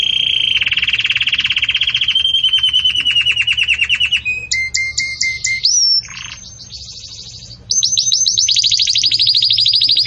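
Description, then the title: Belgian canary song: long rattling trills that shift to clipped repeated notes, a short buzzy roll, then a fast high trill. Belgian canary singing in the campainha (bell) song style, used for training chicks. "Belíssimo Canto Do Canário Belga Campainha Para Encarte De Filhotes"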